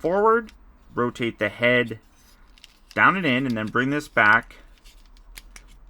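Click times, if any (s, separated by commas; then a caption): 5.4 s, 5.6 s. Someone talks while transforming a Transformers Studio Series 86 Leader Class Snarl action figure: a plastic piece is pulled forward, the head rotated down and in, and the plastic limb section brought back and pushed down and in toward its locking joint, with faint plastic handling ticks along the way. Two sharp clicks at 5.4 s and 5.6 s mark the part locking into place, seated.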